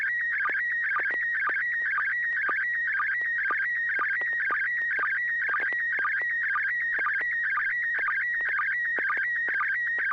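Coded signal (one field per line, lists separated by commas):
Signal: SSTV (slow-scan television)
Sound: warbling, chirping tone shifting rapidly in pitch, with steady rhythmic low blips about twice a second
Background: low steady hum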